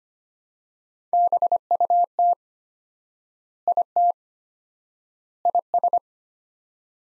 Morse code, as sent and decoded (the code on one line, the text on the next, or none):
-... ..- - / .. - / .. ...
BUT IT IS